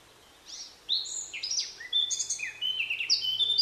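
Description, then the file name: Eurasian blackcap singing a quick run of whistled, slurred notes jumping between middle and high pitches, with a faint low hum underneath. "Sylvia atricapilla"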